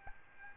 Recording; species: mosquito wingbeat signal from an infrared sensor; Aedes albopictus